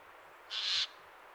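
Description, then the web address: Eurasian jay giving a single harsh, raspy screech lasting about a third of a second, loud against a quiet background hiss. "SETE Garrulus glandarius"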